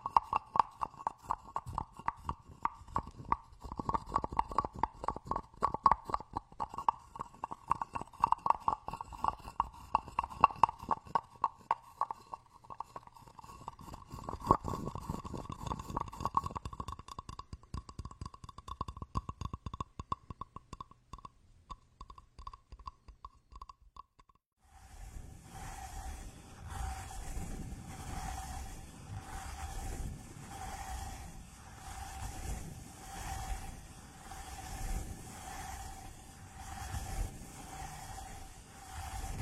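Wooden massage tools rattle and tap in quick, dense clicking for about 25 seconds, then switch to a steadier rhythmic rubbing with regular pulses.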